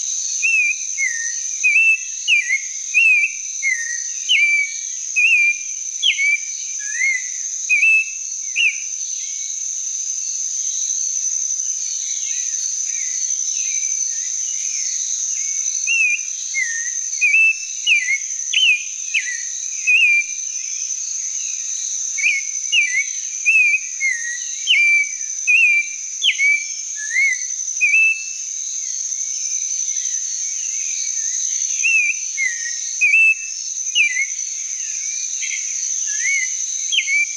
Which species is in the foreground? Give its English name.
Clay-colored Thrush